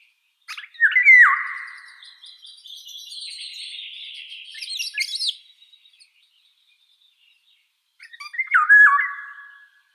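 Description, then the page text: Eurasian golden oriole song: a liquid, whistled phrase, then a long run of rapid, chattering, higher notes, and a second fluting phrase near the end. "Иволга обыкновенная (Oriolus oriolus) - Пение"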